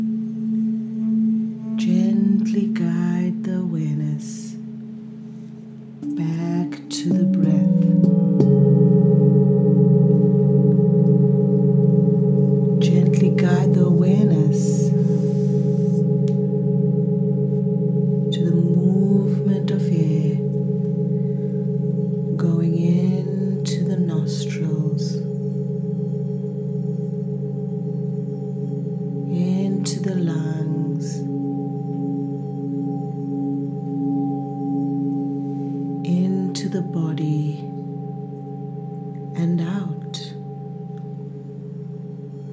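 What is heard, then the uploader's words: Ancient singing bowls ring with low, steady sustained tones layered on top of one another, humming throughout with a slow pulsing waver. Short bright strikes and scrapes recur every few seconds, around 3, 7, 14, 20, 24, 30 and 37 seconds, while spoken-sounding murmurs drift underneath. The sound from the ancient singing bowls.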